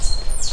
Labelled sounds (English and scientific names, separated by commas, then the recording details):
Stitchbird (Notiomystis cincta) song
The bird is a male
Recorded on Tiritiri Matangi Island, New Zealand, in 2005
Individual 3, of nest box 3